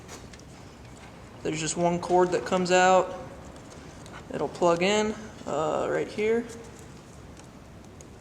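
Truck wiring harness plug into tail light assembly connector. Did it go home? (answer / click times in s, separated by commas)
no / none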